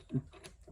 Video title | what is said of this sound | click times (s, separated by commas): Delwalt drill set unboxing and review | you insert it. It doesn't click in. It'll fall off. See, not good. | none